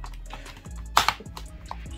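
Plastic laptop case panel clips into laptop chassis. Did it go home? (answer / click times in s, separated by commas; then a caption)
yes / 1.0 s, 1.1 s, 1.4 s, 1.7 s. A plastic laptop case panel on an HP 15 laptop is pressed back onto the chassis after a hard drive to SSD swap. A series of small clicks sounds at 1.0 s and 1.1 s, the first being the loudest, followed by softer clicks at 1.4 s and 1.7 s. Each retaining clip snaps home, and the case is seated.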